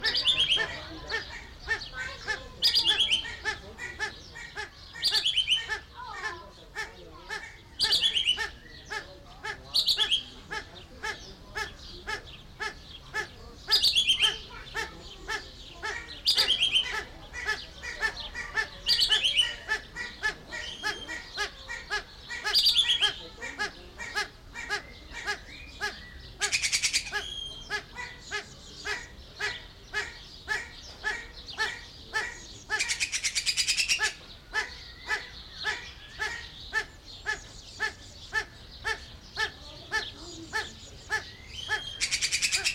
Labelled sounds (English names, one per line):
Common Green Magpie